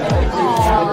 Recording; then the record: background sound without coughing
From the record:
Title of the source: Nightlife Party Simulating Party Club Noise 1 Hour